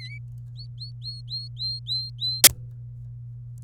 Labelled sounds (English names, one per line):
Domestic Canary song